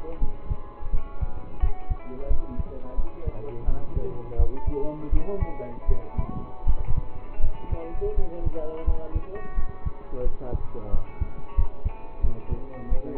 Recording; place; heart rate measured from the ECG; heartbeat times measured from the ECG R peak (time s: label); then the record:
heart sounds by stethoscope; between the tricuspid and mitral areas; 85 bpm
0.19 s: heartbeat
0.90 s: heartbeat
1.59 s: heartbeat
2.27 s: heartbeat
2.95 s: heartbeat
3.65 s: heartbeat
4.36 s: heartbeat
5.09 s: heartbeat
5.86 s: heartbeat
6.64 s: heartbeat
7.40 s: heartbeat
8.14 s: heartbeat
8.84 s: heartbeat
9.54 s: heartbeat
10.22 s: heartbeat
10.90 s: heartbeat
11.55 s: heartbeat
12.21 s: heartbeat
12.88 s: heartbeat
From the record:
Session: rest, lying down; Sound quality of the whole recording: partially saturated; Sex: male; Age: 27 years